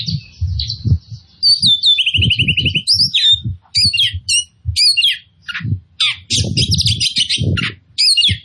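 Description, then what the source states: Oriental magpie-robin song: a rich, varied run of whistles, rapid trills and sharp chirps, delivered in quick phrases, with low thumping knocks underneath. Kacer poci form of the bird, described as gacor, meaning singing vigorously and constantly.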